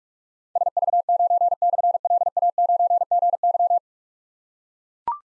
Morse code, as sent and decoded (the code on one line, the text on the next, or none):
... ...- ----. -..-. .-.. .- ----. --. -.--
SV9/LA9GY